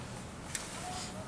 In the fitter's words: There we go. So, it clicks. All right.